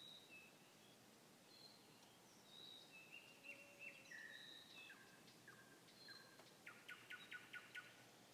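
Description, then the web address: Nightingale song, fairly soft, with scattered whistled notes and a closing series of quick repeated pulses over a steady noisy background. Nightingale song recorded on 21 May 2016. "slowik-spiew-slowika-21-maja-2016-r"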